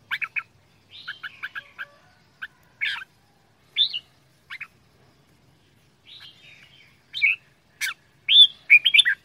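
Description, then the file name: Red-whiskered bulbul: sparse soft chirps and slurred whistles with pauses, ending in a louder cluster of sharp whistled notes. Quảng Ngãi, Vietnam; frantic 'chẻ dạo giọng' singing style. "tieng chao mao quang ngai che dao giong dien cuong"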